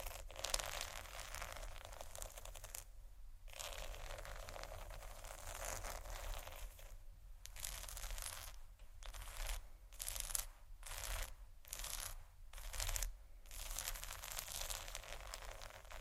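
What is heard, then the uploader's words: Soft crinkling and scratching on plastic fills the clip as a dense, hissy rustle that runs almost without pause. Brief silent gaps break it up, one near three seconds and then several quick ones between seven and thirteen seconds, each followed by renewed scratching. Tapping,soft crinkle,scratch,plastic,textures.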